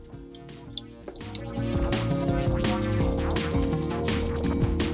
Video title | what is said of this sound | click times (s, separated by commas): 2007-2014 Chevrolet Silverado Tahoe Suburban - Factory OEM GPS Navigation Upgrade - DIY Plug & Play! | and we'll start plugging them into our interface you'll hear them click into place | 0.8 s